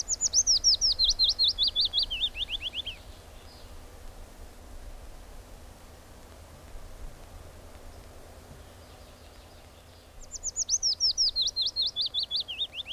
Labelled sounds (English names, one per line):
Willow Warbler song